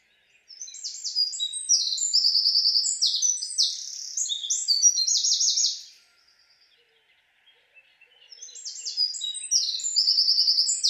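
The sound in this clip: Wren song: a long, rapid, loud outpouring of high trills and sharp notes lasting about five seconds, a pause, then the song starts again.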